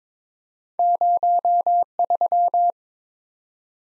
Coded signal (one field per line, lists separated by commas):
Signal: Morse code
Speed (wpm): 22 wpm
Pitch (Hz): 700 Hz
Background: none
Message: 03